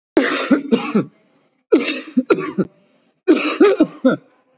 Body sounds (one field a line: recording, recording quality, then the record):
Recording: heavy voluntary cough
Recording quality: excellent, no background noise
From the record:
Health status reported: COVID-19 positive, mild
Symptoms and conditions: cough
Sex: male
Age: 23 years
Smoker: yes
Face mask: not worn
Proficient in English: no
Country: India